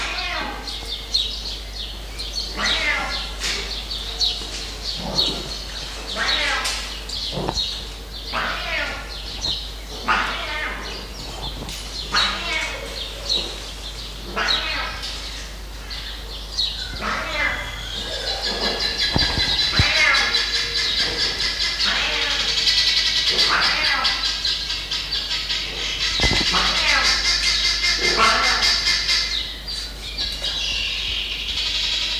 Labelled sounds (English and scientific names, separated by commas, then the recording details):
Jungle Cat (Felis chaus) call
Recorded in captivity
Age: adult
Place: Zoo Magdeburg, Sachsen-Anhalt, DE
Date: 1989-05-12 15:00
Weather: overcast, intermittent rain, 12°C
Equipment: Sony WM-D6C, Kopie 19 cm
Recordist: Tembrock, Günter
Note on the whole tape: Maunzen